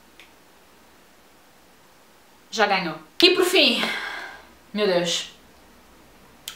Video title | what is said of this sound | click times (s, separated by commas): Batons Liquidos Matte! - Os Melhores e os Piores | fecha-se e depois tem um clique de segurança já | 0.2 s